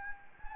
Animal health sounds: mosquito wingbeat signal from an infrared sensor; Anopheles gambiae

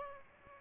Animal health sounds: mosquito wingbeat signal from an infrared sensor; Aedes albopictus

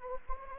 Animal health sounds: mosquito wingbeat signal from an infrared sensor; Anopheles gambiae

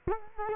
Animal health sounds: mosquito wingbeat signal from an infrared sensor; Culex quinquefasciatus

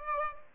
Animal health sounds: mosquito wingbeat signal from an infrared sensor; Aedes albopictus

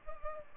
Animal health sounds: mosquito wingbeat signal from an infrared sensor; Culex pipiens

